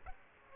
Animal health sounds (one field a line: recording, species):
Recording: mosquito wingbeat signal from an infrared sensor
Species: Aedes aegypti